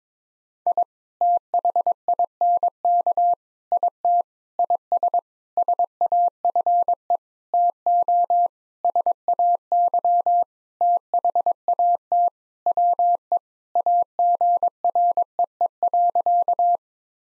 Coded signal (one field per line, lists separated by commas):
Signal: Morse code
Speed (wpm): 22 wpm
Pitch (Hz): 700 Hz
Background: none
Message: I THINK IT IS SAFE TO SAY THAT WE AGREE.